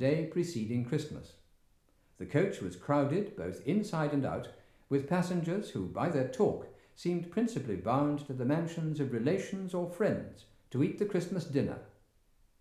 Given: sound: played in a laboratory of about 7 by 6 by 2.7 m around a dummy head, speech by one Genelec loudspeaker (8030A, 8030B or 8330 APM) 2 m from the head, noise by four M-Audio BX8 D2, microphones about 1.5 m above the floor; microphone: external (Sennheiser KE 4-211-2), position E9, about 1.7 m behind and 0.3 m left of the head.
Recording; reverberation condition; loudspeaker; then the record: male speech in English; medium; 150 degrees to the left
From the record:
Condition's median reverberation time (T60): about 510 ms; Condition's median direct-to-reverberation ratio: about -0.5 dB